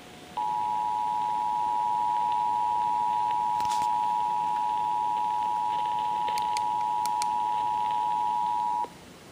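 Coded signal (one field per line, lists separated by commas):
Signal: Emergency Alert System (SAME) tones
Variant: 853 and 960 Hz attention tone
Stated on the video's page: Real severe thunderstorm warning EAS alert aired on a radio station.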